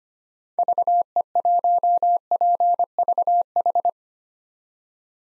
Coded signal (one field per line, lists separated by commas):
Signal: Morse code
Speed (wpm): 25 wpm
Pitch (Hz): 700 Hz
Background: none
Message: VE1PVH